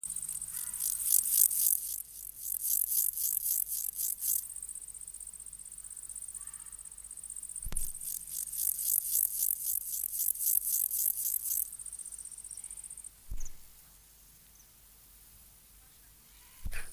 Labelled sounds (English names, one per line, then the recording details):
Water-meadow Grasshopper stridulation
Great Green Bush-cricket
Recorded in the wild
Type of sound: stridulation
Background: Tettigonia viridissima
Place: Mühlenbecker Land, OT Zühlsdorf, Briesetal, Brandenburg, DE
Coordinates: 52.7322, 13.3747
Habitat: wet meadow, glade
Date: 1983-08-27 17:09
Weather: sunny, 23°C
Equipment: Nagra SN (Automatic), Sennheiser MKH 416 T, Kopie Uher 4000 Report Monitor
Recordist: Tembrock, Günter
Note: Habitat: feuchte Wiese, Briese, Forsthaus Zühlsdorf. Nur rechter Hinterschenkel